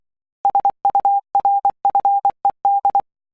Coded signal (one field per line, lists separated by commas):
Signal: Morse code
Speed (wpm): 24 wpm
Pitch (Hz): 800 Hz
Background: none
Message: SURFED